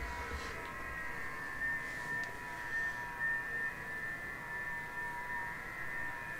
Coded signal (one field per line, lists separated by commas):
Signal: FT8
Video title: 40 METER FT-8 ON SUNDAY MORNING